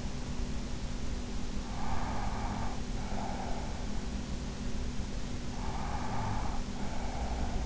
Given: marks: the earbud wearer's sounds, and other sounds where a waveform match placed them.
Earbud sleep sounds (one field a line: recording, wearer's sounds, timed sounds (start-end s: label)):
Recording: sounds in sleep by an in-ear microphone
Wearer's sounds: breath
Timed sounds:
1.61-3.81 s: breath
5.55-7.66 s: breath